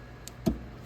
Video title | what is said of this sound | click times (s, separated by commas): 2014 Lexus RX350 Hood Strut Replacement | They just pop in like that. | 0.3 s